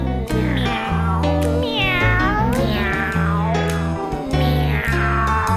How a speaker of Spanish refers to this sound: Cuando pide la comida nunca deja de maullar. Pide carne, algún hueso, pelotitas de jugar.